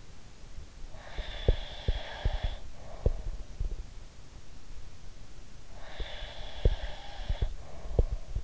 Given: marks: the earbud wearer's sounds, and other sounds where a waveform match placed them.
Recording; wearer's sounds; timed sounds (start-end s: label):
sounds in sleep by an in-ear microphone; breath
0.88-3.42 s: breath
1.15-3.84 s: sound from someone else or the room
5.68-8.44 s: breath
5.92-8.44 s: sound from someone else or the room